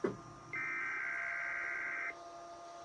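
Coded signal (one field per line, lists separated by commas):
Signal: Emergency Alert System (SAME) tones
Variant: header bursts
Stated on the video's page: A station EAS test plus usual relayed alerts.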